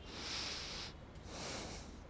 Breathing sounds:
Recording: one breath in and out by a microphone near the nose and mouth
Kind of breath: deep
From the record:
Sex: male

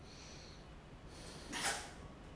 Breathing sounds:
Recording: one breath in and out by a microphone near the nose and mouth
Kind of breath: deep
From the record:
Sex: male

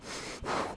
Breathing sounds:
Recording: one breath in and out by a microphone near the nose and mouth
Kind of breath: strong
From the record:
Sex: male

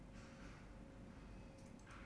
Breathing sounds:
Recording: one breath in and out by a microphone near the nose and mouth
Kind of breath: normal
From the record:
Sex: male

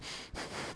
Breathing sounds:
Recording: one breath in and out by a microphone near the nose and mouth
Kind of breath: strong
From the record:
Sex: male

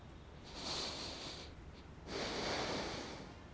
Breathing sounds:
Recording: one breath in and out by a microphone near the nose and mouth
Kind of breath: deep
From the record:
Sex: male

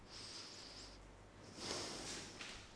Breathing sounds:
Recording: one breath in and out by a microphone near the nose and mouth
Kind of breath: deep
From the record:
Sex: male

